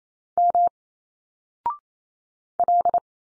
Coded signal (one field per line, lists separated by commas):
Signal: Morse code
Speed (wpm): 28 wpm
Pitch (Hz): 700 Hz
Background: none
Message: M L